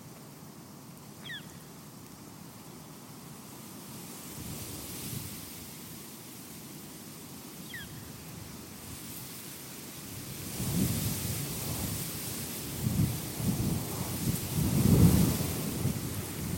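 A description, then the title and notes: Grass fields with low, rumbling wind that swells into heavier gusts after ten seconds, and two brief bird chirps early on. Grass Fields.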